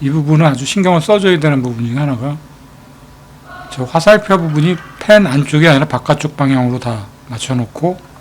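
A man talks while handling the plastic push pins of a CPU cooling fan, which go into the motherboard mounting holes. No distinct click is heard; the clip is speech over a quiet background, with a pause around 2.4 to 3.6 seconds. No push pin has clicked into the motherboard yet.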